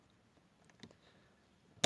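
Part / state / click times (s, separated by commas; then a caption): wiring connector into trunk light housing / seated / 1.8 s. A wiring connector is pushed back onto a Skoda trunk light housing after the bulb swap. Quiet, faint handling ticks come at about 0.7, 0.8 and 0.9 seconds. A sharp, loud click at 1.8 seconds marks the connector seating in place.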